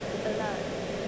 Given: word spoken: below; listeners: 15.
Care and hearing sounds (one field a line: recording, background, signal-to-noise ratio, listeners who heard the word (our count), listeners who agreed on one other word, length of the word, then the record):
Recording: one English word in noise, from a listening test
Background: speech-shaped noise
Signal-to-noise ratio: -4.1 dB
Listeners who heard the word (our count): 4 of 15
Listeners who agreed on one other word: 6 of 15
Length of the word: 0.68 s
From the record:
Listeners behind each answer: 6, 4, 2, 1, 1, 1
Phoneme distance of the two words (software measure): 24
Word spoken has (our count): 2 syllables, 4 phonemes, stress on syllable 2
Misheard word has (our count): 2 syllables, 4 phonemes, stress on syllable 2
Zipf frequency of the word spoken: 4.71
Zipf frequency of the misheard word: 5.03